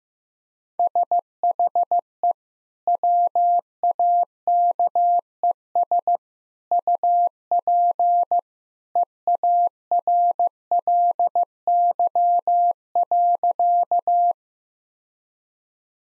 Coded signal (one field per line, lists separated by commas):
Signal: Morse code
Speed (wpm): 15 wpm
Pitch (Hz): 700 Hz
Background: none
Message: SHE WAKES UP EARLY.